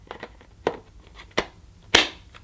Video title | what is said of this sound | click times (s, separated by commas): Vorwerk Kobold VC100 Hand Held Vacuum Cleaner Unboxing & Demonstration | and then pushing back until it clicks into position so | 2.0 s